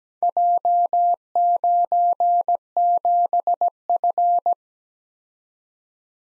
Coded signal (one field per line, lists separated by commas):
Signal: Morse code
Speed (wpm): 17 wpm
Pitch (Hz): 700 Hz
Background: none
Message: J97F